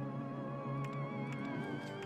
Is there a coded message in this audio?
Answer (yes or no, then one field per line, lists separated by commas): no